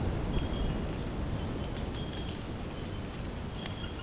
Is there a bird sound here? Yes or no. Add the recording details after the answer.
no. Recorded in secondary vegetation near Puerto Asís, Putumayo, Colombia, on 19 March 2025 at 00:30. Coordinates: 0.481, -76.318. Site G097